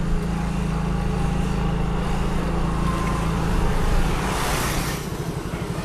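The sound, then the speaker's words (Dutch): Motorbikes and light street traffic hum steadily on a road under banana plants and palm trees, a low buzzing engine drone with one vehicle swelling louder as it passes before the noise eases off. No one speaks. “En het is rustiger hier dan in Ambon. Minder motors, minder verkeer.”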